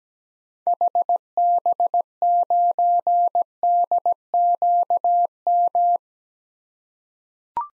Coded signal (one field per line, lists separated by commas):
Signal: Morse code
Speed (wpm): 17 wpm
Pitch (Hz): 700 Hz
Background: none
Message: HB9DQM